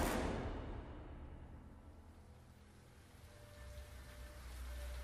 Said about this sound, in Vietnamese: Cùng thời điểm đó, tại Mai Châu, Hòa Bình, trời đang đổ mưa lớn, tiếng sấm nổ rung chuyển cả đất trời.